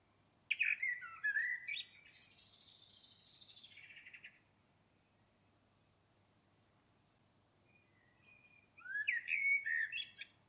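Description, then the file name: Common blackbird singing a fluty phrase followed by a long scratchy hiss-like trailing sound, a quiet gap, then another warbled phrase. "Turdus merula"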